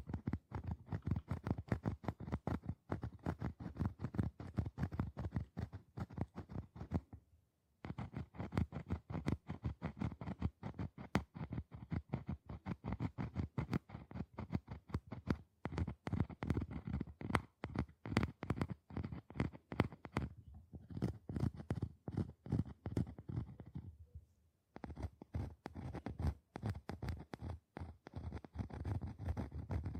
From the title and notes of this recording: TimASMR-Mini-Scratching on Boxes and Hollow Objects (NO TALKING).